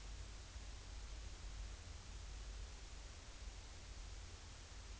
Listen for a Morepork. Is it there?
no